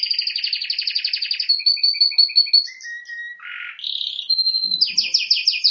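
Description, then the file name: Canary song, continuous and loud: fast pulsed trills, a steady high whistle with lower repeated notes, a harsh buzzy burst, then more rapid trilling. "Canary Voice"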